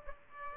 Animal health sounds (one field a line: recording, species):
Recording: mosquito wingbeat signal from an infrared sensor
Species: Aedes aegypti